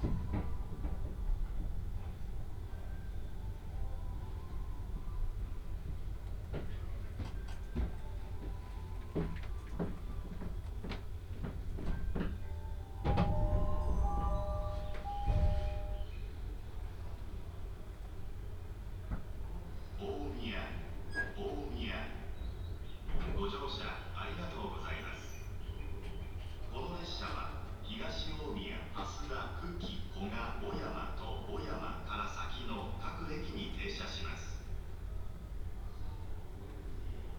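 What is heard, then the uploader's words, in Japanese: A ride on the Utsunomiya Line train, with a steady low rumble running under the whole recording. Scattered clicks and short tones come through the first half, with a brief louder passage around 13–15 seconds, then people's voices chatter steadily from about 20 seconds on. 鉄道旅 宇都宮線 浦和→古河。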